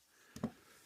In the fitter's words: you'll hear it snap so